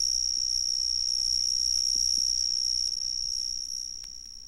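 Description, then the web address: Cicadas give a shrill continuous drone that stays level, then grows quieter over the last second and a half. "The Ridges Sanctuary. cicadas"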